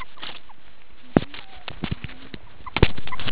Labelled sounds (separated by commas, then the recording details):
meerkat short note
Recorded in the Kuruman River Reserve, South Africa
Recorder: an audio tag on a meerkat's collar